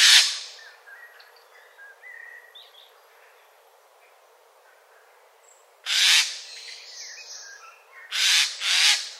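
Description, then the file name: Eurasian jay, harsh rasping screeches: one at the start, another at six seconds, and a doubled one near the end, with light background twitters. "Garrulus glandarius"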